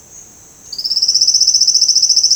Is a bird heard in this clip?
no